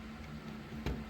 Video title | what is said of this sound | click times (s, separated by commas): Starting on track work | slide that in just like a piece of pie snaps | 0.9 s